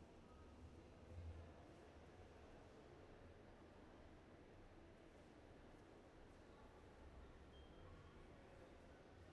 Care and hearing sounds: everyday scene through a hearing-aid microphone; reverberant space; background noise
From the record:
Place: railway station hall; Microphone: behind the ear, right, front

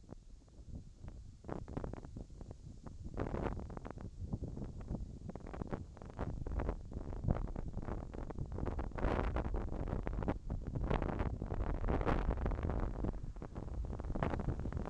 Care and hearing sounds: everyday scene through a hearing-aid microphone; wind on the microphone; wind, whistling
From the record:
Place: in front of a rural house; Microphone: in the ear canal, left

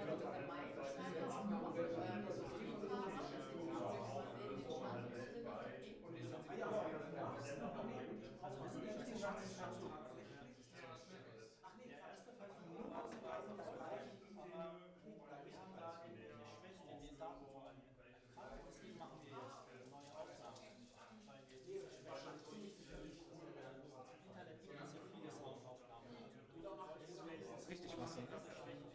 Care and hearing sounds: everyday scene through a hearing-aid microphone; many people talking; many voices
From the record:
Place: bistro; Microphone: behind the ear, right, rear

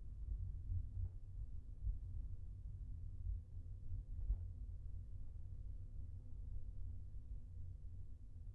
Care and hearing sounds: everyday scene through a hearing-aid microphone; in a vehicle; engine, highway traffic jam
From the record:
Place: Skoda Fabia, gasoline engine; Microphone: behind the ear, left, rear

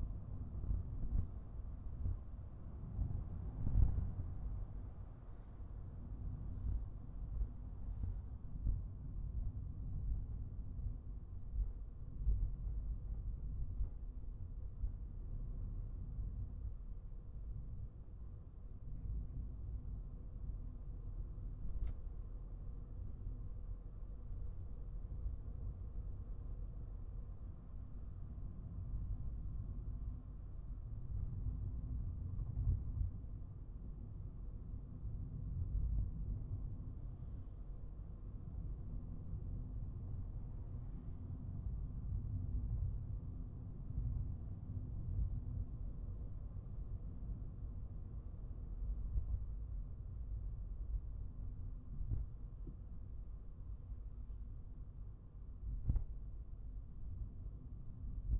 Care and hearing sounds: everyday scene through a hearing-aid microphone; in a vehicle; engine, traffic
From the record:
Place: Skoda Fabia, gasoline engine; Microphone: behind the ear, right, front

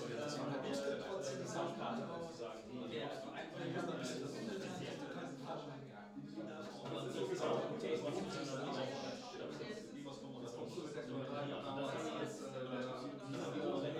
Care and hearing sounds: everyday scene through a hearing-aid microphone; many people talking; many voices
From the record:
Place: bistro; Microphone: in the ear canal, left

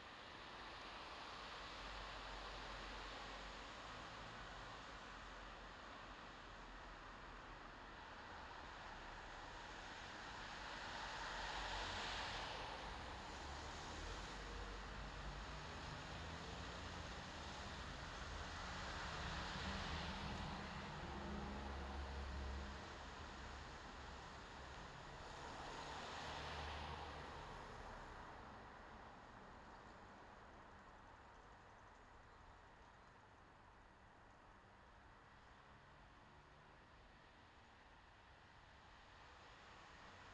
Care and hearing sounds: everyday scene through a hearing-aid microphone; in traffic; traffic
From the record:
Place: bus stop on a city main road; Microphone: in the ear canal, left

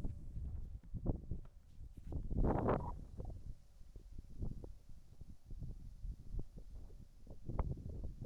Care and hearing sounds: everyday scene through a hearing-aid microphone; wind on the microphone; wind, whistling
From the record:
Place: in front of a rural house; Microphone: behind the ear, right, rear

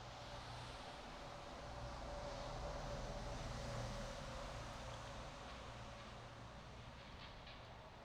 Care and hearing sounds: everyday scene through a hearing-aid microphone; in traffic; traffic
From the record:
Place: bus stop on a city main road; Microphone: in the ear canal, right

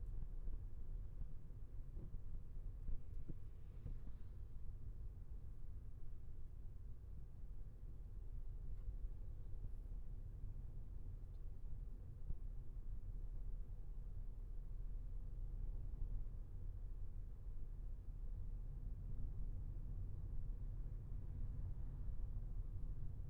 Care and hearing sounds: everyday scene through a hearing-aid microphone; in a vehicle; engine, traffic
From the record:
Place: Skoda Fabia, gasoline engine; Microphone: behind the ear, left, rear

